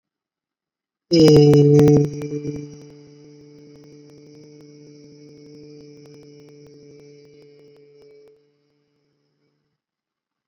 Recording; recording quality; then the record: sustained vowel as in made; excellent, no background noise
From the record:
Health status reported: recovered from COVID-19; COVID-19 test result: positive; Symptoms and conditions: fatigue, loss of smell and taste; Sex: male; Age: 34 years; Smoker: not ticked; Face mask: not worn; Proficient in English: yes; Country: India